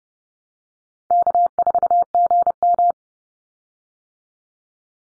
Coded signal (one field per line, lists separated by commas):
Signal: Morse code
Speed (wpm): 30 wpm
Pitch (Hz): 700 Hz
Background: none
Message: K4GM